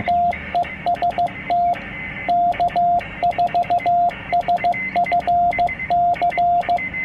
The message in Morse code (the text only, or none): TEST K4SFC